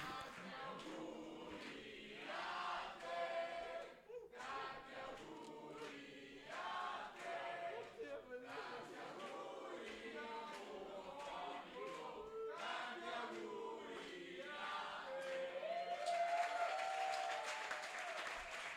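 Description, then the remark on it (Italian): A large audience at a slam event sings the Italian birthday song "Tanti auguri" together for the organizers' birthday in a loose, loud chorus, then the singing gives way to cheering and a swell of applause at the end. “E visto che è il nostro compleanno, io faccio la cazzata e vi chiedo, ce lo cantate un tanti auguri così, giusto per farci...”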